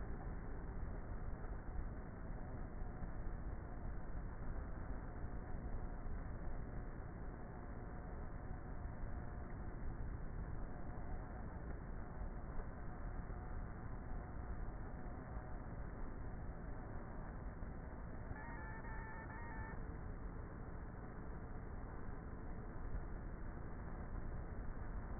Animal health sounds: honeybee colony, microphone inside the hive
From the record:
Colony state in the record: queenless with a low population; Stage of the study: before two queens were removed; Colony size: about 30,000 bees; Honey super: no

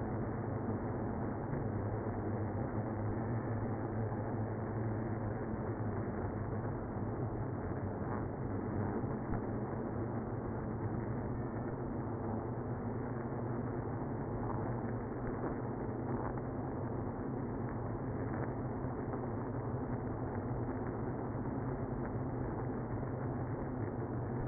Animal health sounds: honeybee colony, microphone inside the hive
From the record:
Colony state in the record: queenless (queen removed); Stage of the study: after two queens were removed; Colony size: about 60,000 bees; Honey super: yes

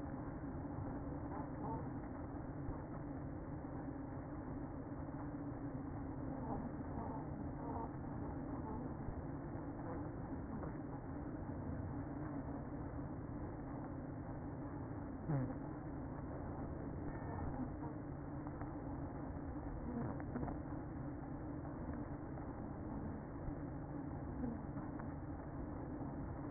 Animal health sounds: honeybee colony, microphone inside the hive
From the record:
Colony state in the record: queen present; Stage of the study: after two queens were removed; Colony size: about 60,000 bees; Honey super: yes

